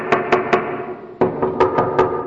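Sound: knocking on a door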